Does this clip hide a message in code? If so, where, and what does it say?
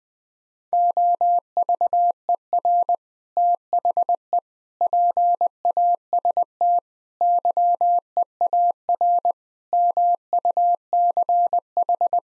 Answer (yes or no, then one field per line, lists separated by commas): yes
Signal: Morse code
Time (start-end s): 0.7-12.2 s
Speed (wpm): 20 wpm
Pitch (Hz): 700 Hz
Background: none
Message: OVER THE PAST YEAR MUCH